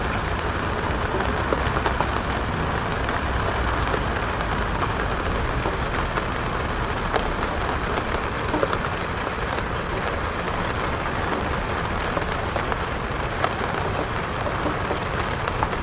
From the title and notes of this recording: The calming sound of rain falling on a city rooftop as cars drive on the wet roads below. The soothing sound of raindrops hitting the hard surface of the rooftop. The gentle patter of the rain.